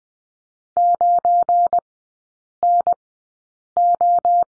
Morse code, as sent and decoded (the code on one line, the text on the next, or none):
----. -. ---
9NO